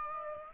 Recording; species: mosquito wingbeat signal from an infrared sensor; Aedes aegypti